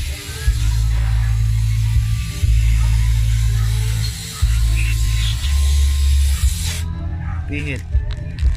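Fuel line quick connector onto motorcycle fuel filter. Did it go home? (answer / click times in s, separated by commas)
no / none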